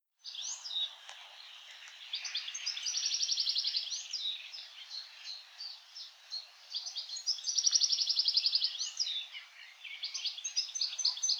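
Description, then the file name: European goldfinch with a continuous bright twittering song, mixing sharp upslurred notes with rattling buzzy trills that recur every few seconds. "Carduelis carduelis"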